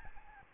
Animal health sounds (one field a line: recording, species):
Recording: mosquito wingbeat signal from an infrared sensor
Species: Aedes albopictus